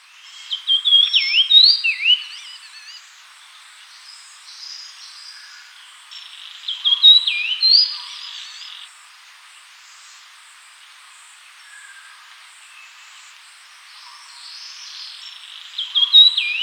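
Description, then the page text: Grey-cheeked fulvetta song: short whistled, warbling phrases between mid and high pitch, given every several seconds with quiet pauses between. "Grey-Cheeked Fulvetta Song, Quick Sounds"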